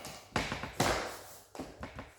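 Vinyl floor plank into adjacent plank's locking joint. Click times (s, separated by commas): 0.4 s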